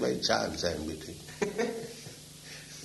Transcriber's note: laughter